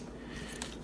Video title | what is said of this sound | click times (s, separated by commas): Video Review: Mastermind Creations - R-26 MALUM MILITIA | don't really click into place they kind of I mean like it and it's | none